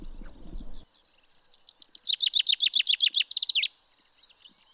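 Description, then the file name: Common chaffinch song: after a brief low rumble at the start, a loud run of repeated downslurred notes speeds into a trill and flourish, followed by faint high notes. "Fringilla coelebs"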